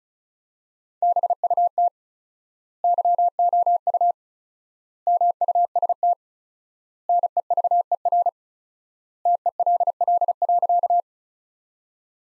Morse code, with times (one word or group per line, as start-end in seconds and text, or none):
1.0-1.9 BUT
2.8-4.1 YOU
5.1-6.1 MUST
7.1-8.3 NEVER
9.3-11.0 TELL.